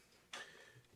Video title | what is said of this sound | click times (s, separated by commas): Cooking With Carter Equipment Series Episode 3 | is sit this on the base and you can actually feel when it clicks into place | 0.3 s